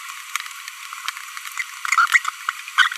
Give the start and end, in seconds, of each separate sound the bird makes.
2.78-2.88